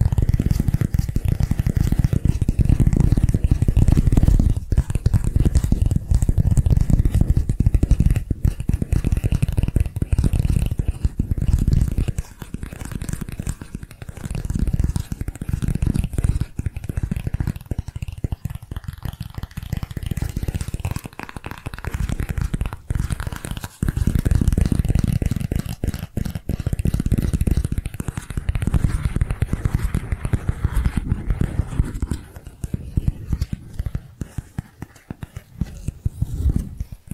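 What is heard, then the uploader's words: Rapid tapping and scratching fills the whole clip as a dense, continuous patter, heavy in the low end with papery, crunchy edges. The intensity swells and eases, dipping softer around the middle before building again near twenty-five seconds. ASMR Tapping Different Areas of Your Brain 3D Panning Triggers (No Talking).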